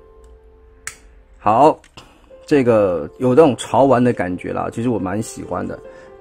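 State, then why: Seated. A plastic weapon is clipped onto the back of a transformed minion figure from the Transformers War for Cybertron Trilogy Quintesson Pit of Judgment SDCC set. A single sharp click is heard at 0.9 s as the weapon seats, then someone talks.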